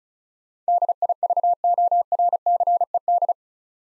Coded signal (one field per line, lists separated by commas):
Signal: Morse code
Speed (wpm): 36 wpm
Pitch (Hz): 700 Hz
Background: none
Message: DIVORCED